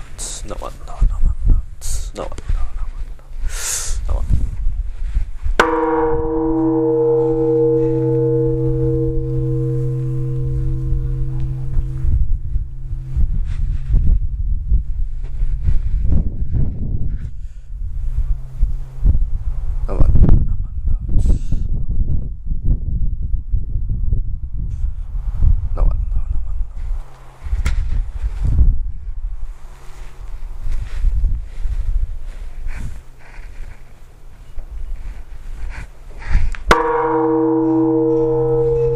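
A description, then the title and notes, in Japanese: A temple bell for the New Year's Eve ringing booms twice, at about six seconds and again near the end, amid scattered knocks and voices. 円龍寺除夜の鐘の音。香川県丸亀市にある浄土真宗寺院。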